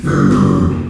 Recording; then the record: squeal of a Yucatan mini pig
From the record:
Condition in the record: after surgery on the right vocal fold (resection and tissue-engineered implant); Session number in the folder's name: 12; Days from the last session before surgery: 105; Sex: female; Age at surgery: 19 weeks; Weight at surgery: 25 kg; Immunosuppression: prednisolone